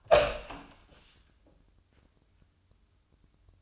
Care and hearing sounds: daily activity, microphone in the room; open door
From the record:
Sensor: 2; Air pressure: 1004.8 hPa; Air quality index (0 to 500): 67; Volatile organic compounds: 1 ppm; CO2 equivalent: 783 ppm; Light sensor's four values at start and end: 7/17/7/7 and 7/18/7/7

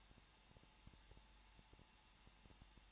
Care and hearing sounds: daily activity, microphone in the room; no activity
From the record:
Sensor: 1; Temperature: 20.0 degrees Celsius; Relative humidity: 39.5%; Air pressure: 1006.4 hPa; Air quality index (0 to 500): 220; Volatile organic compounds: 83 ppm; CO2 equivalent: 3635 ppm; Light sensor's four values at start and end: 1/2/1/1 and 1/2/1/1

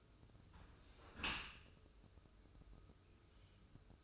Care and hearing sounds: daily activity, microphone in the room; close dishwasher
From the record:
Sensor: 2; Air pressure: 995.7 hPa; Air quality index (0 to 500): 96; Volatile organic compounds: 5 ppm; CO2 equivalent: 1784 ppm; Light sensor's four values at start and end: 25/81/32/31 and 25/81/32/31

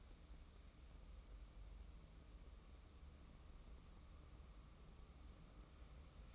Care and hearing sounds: daily activity, microphone in the room; wipe stove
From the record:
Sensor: 1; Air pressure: 994.4 hPa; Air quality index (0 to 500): 232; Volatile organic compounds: 1000 ppm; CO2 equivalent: 8340 ppm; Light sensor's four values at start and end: 134/306/136/149 and 137/315/140/153

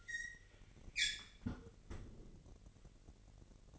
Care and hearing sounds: daily activity, microphone in the room; close fridge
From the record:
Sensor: 4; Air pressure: 1002.7 hPa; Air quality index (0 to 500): 245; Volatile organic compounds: 18 ppm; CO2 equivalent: 2622 ppm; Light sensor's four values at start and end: 4/9/3/4 and 4/10/3/4

